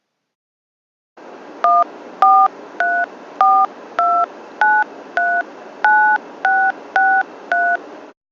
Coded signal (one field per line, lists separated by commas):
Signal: DTMF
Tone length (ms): 270 ms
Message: 14342939663